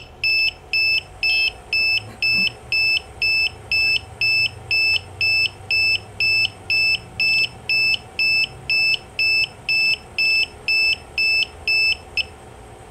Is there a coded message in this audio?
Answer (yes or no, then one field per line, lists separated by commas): no